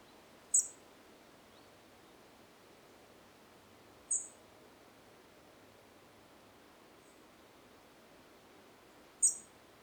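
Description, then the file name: European robin giving short, very high, thin call notes, a few seconds apart, with one fainter note in between, over a steady soft background hiss. "Erithacus rubecula"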